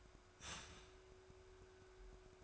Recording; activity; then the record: daily activity, microphone in the room; start toaster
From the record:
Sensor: 2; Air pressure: 1014.5 hPa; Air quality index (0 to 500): 194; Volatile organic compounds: 19 ppm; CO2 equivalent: 2666 ppm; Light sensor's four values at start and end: 4/10/3/3 and 4/10/3/3